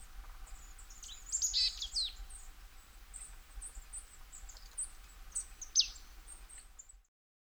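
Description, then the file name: Marsh tit calls, fainter: a cluster of buzzy notes and a sharp downslurred note later, over a hissy background. "Poecile palustris"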